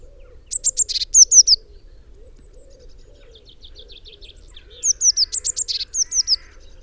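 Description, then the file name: Eurasian blue tit calls: two clear bursts of high, thin notes running into rapid descending chips, about four seconds apart, with faint softer notes between. "Cyanistes caeruleus"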